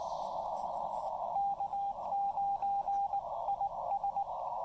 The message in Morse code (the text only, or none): K9IS